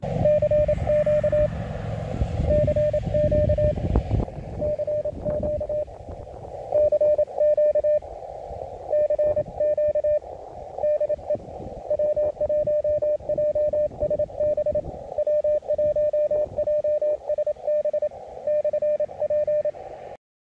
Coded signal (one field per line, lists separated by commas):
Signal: Morse code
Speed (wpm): 27 wpm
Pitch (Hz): 600 Hz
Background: radio noise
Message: CQ CQ CQ CQ CQ DE W1JSB W1JSB /P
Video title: CapKey touch keying (Morse) by RadioSet-GO